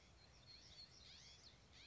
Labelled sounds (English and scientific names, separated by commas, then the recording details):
Black-throated Gray Warbler (Setophaga nigrescens)
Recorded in Sonoma County, California